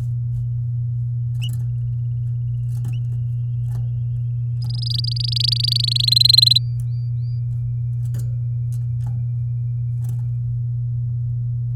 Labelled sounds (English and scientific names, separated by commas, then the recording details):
Domestic Canary (Serinus canaria) song
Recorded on 9 May 2018 at 11:01
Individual llb16